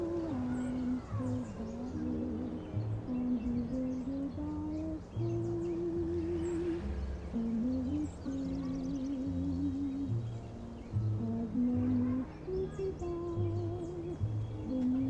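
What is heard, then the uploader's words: An oldies song plays, muffled, its sung melody holding long notes over a steady low bass and drum beat that keeps a regular pulse throughout. Thin bird chirps flicker above the music now and then, and the whole mix stays fairly even in loudness. Summer oldies playing in another room.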